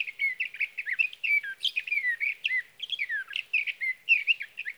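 Sage thrasher song, a long unbroken run of rapid warbled phrases, squeaky and slurred, with quick rising and falling notes jumbled together throughout.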